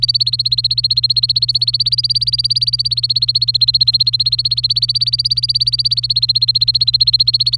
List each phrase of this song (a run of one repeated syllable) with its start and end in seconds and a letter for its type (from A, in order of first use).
0.00-7.57 A